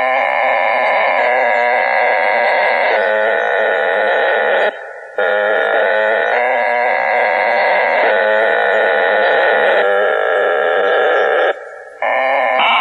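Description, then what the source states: Frogs in a steady massed chorus of rapid trills, with two brief lulls breaking the constant calling. Frogs recorded at Harpers Mill.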